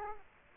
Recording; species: mosquito wingbeat signal from an infrared sensor; Culex quinquefasciatus